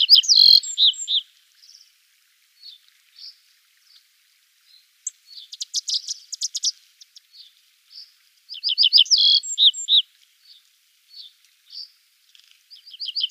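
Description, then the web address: Little bunting song: brisk, high, tinkling phrases with scattered softer notes between them. "Schulze Peter Little Bunting"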